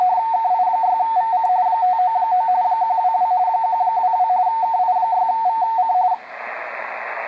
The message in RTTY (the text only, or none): KI6VC 599 122 122 KI6VC